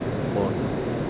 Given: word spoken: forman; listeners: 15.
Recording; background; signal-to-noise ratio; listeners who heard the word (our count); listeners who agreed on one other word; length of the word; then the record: one Spanish word in noise, from a listening test; speech-shaped noise; -4.2 dB; 0 of 15; 8 of 15; 0.70 s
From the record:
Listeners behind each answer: 8, 2, 1, 1, 1, 1, 1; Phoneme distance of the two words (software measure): 38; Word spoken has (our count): 2 syllables, 6 phonemes, stress on syllable 1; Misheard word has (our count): 1 syllable, 2 phonemes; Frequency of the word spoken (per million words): 50.13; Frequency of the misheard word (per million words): 514.41